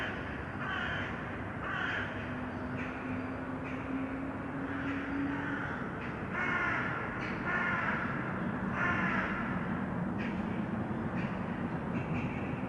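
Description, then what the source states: Crow caws in quick bursts, harsh repeated calls over a continuous low rumble, with a steady droning tone early on. Urban crows; recording processed, detuned.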